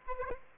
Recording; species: mosquito wingbeat signal from an infrared sensor; Aedes aegypti